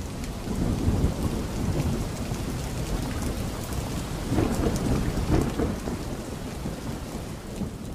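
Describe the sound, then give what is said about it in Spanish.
A heavy downpour of rain hisses steadily and loudly throughout, with deep low rumbles swelling underneath at moments, like thunder rolling beneath the constant roar of falling water. “El hombre camina desnudo bajo un aguacero.”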